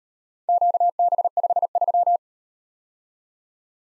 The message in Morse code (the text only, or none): QB53